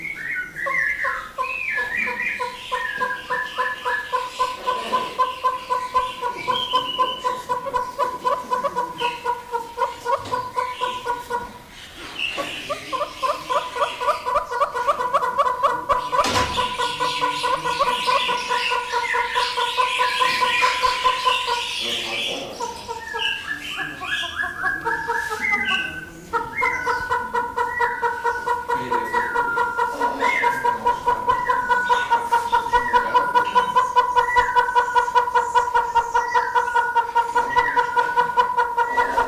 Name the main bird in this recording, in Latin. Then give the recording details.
Tockus erythrorhynchus. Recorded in captivity. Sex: pair. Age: adult. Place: Zoo Berlin, Berlin, DE. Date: 1997-12-13 15:37. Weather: bedeckt, ca. 3-5°C. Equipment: Nagra SN, Kopie Uher 4000 Report Monitor. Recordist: Tembrock, Günter. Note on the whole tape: Paar: Rufreihen, Entfernung 1 m